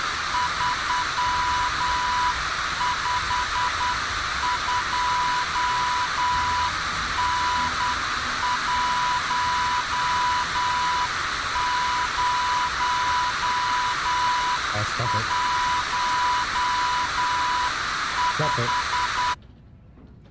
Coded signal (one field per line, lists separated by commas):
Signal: Morse code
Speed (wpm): 10 wpm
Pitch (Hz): 990 Hz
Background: none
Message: 35 2N 101 5